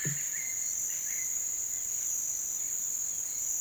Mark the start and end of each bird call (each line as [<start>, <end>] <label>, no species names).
[0.00, 1.60] bird call